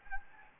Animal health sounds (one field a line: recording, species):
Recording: mosquito wingbeat signal from an infrared sensor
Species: Anopheles gambiae